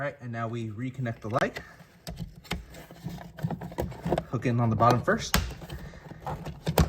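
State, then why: Seated. Someone talks while reconnecting the wire of a light on a Lamborghini Gallardo, then hooks the light housing into the bottom of its opening in the car's plastic interior trim panel first and presses the top in, with soft handling taps along the way. A sharp snap at 6.8 s marks the housing seating back into the trim.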